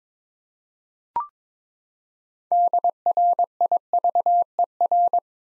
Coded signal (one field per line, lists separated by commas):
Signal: Morse code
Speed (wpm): 22 wpm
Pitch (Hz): 700 Hz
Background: none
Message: DRIVER